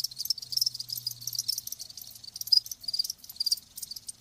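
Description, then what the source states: High, trilling cricket chorus, nearly continuous, with occasional brighter chirps and a faint low hum beneath. Live crickets chirping.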